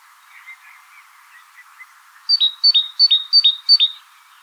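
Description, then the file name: Great tit song: a few soft warbled notes, then five loud two-note phrases, a high note dropping to a lower one, repeated about three times a second. "Parus major"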